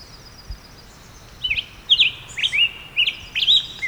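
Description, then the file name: Black-headed grosbeak singing a quick series of warbled, rolling notes that rise and fall, starting after a second of near silence. "Black-headed Grosbeak - Pheucticus melanocephalus"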